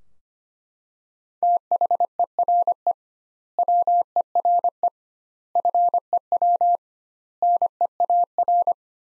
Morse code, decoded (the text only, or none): THERE WERE FEW NEAR